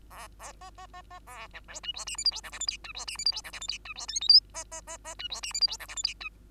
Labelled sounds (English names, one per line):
Bengalese Finch song